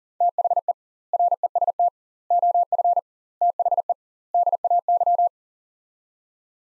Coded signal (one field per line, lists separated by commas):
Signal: Morse code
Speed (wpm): 40 wpm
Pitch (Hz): 700 Hz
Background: none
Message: THE REST OF THE DAY